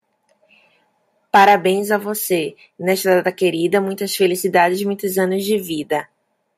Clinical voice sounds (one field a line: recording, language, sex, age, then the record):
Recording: short text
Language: Brazilian Portuguese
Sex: female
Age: 30 to 39 years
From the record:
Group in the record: control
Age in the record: 37 years